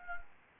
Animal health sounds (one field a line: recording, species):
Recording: mosquito wingbeat signal from an infrared sensor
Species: Anopheles gambiae